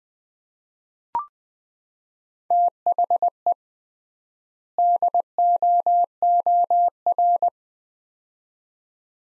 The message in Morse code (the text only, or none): THE DOOR